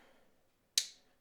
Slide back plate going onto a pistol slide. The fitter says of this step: and it'll click right in